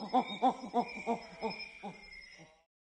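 Titi monkey calling: several hollow, pulsing hoots in a series, fading away toward the end.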